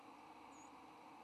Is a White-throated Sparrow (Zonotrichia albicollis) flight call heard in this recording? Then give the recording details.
yes. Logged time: 06:31 on 3 November 2014